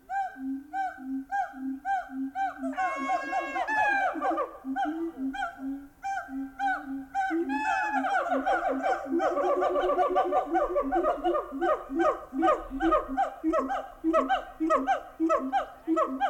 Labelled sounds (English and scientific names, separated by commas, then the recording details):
Siamang (Symphalangus syndactylus)
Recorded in captivity
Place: Münchner Tierpark Hellabrunn, Bayern, DE
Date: 1995-05-27 10:36
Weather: heiter 15-20°C, böiger Wind
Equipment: Marantz CP 430, Sennheiser ME 80, Kopie Uher 4000 Report Monitor
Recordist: Tembrock, Günter